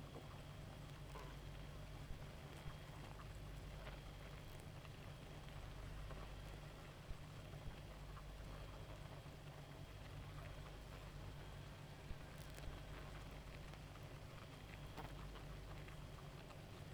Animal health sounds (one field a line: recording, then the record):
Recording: honeybee colony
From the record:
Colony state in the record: active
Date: 28 July 2017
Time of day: 0:43